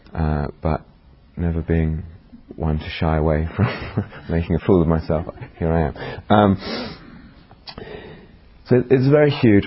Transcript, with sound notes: But never being one to shy away from making a fool of myself... [laughter] Here I am! It's very huge.